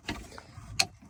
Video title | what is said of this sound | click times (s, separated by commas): Pure Polaris Heater & cab seal kit installation 18-22 Ranger xp1000 part 2 @allwegottadois | And I hear an audible click and tug. | 0.8 s